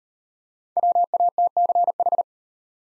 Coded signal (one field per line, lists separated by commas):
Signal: Morse code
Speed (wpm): 38 wpm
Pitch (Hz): 700 Hz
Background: none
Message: WATCH